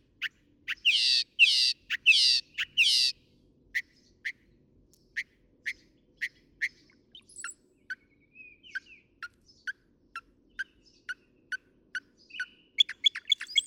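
Northern mockingbird song beginning with harsh raspy phrases, then a long string of sharp clicking notes spaced evenly, ending in a quick jumble.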